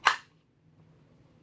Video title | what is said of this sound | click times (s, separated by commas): Ka-Bar BK-7, ESEE RB3, and Silky Gomboy sheaths | got a nice click coming in and out. | 0.1 s